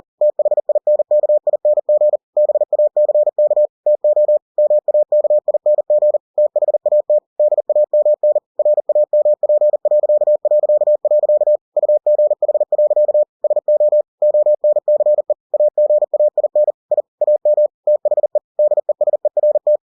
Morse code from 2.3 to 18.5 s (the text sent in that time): BACK TO MAKING THAT DAMN RAMP... UGH. SO ONCE AGAIN I AM THE